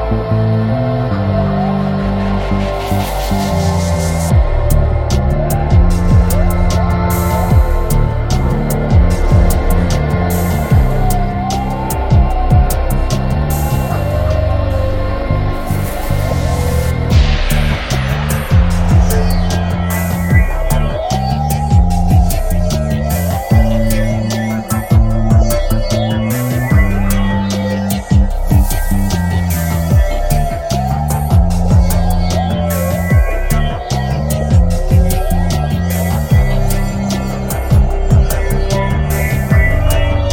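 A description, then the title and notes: An electronic dub groove runs steadily throughout, with a deep repeating bass line and a regular, busy beat. Sliding, wavering tones like whale song curve across the middle register, and a bright sweeping swell rises around seventeen seconds before the groove continues. Using audio I recorded of humpback whales in Maui, I've crafted an epic electronic dub psychedelic groove that passes through various permutations, all accompanied by the whales. Whale Song.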